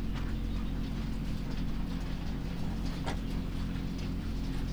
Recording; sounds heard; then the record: poultry house recording; sick chickens (respiratory disease)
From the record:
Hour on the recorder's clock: 3